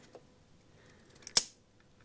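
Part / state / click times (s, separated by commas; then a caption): electrical connector onto ignition coil pack / seated / 1.4 s. A repaired plastic electrical connector is pushed onto the back of an ignition coil pack on an Audi TT Mk1 / VW VAG car. After a few faint taps, a sharp click at 1.4 s marks the connector snapping home and locking in place.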